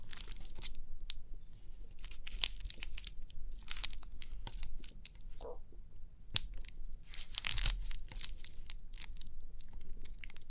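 Crinkly crackling and tearing sounds come in irregular bursts across the whole stretch, bright and papery, with the densest clusters near two to four seconds and around seven to eight seconds. Sharp clicks punctuate the crinkling, over a faint low rumble underneath.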